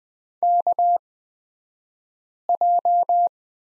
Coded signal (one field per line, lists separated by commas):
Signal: Morse code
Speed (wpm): 20 wpm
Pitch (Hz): 700 Hz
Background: none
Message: KJ